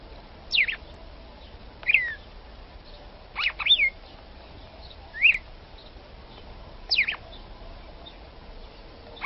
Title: Canto Galo De Campina. galo de campina femea canto para esquentar o galo macho